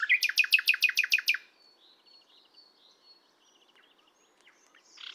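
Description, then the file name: Common nightingale song opening with a loud series of evenly repeated sharp notes, about eight in quick succession, followed by soft scattered twittering. "Luscinia megarhynchos"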